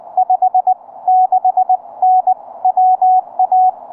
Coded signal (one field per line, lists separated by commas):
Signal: Morse code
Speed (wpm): 20 wpm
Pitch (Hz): 690 Hz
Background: none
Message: 56N WA